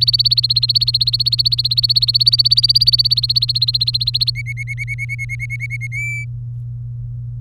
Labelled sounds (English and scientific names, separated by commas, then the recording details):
Domestic Canary (Serinus canaria) song
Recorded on 23 April 2018 at 15:43
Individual llb3